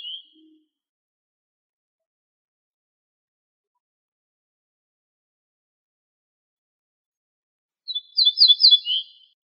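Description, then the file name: Ortolan bunting delivers one phrase near the end, several bright high notes sliding down to lower tones, after a faint short note at the start. "suara kicauan ortolan"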